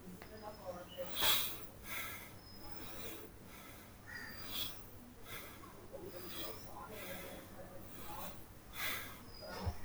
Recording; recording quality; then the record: shallow breathing; excellent, no background noise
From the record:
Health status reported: healthy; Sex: male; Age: 37 years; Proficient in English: yes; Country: India